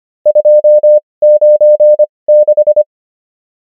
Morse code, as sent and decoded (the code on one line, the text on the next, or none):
..--- ----. -....
296